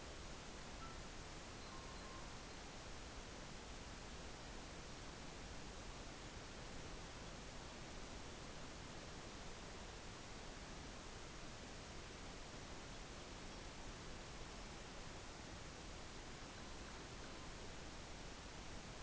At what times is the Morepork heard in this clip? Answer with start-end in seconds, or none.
none